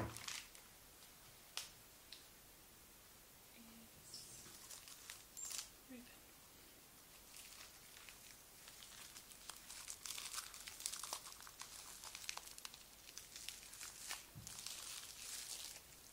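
Gift wrapping paper crinkles and rustles in irregular bursts, with sharp crisp ticks near the start and again around 1.5, 4 and 5.5 seconds. From about 8 seconds on the crackling grows denser and more continuous, bright and hissy, before easing toward the end.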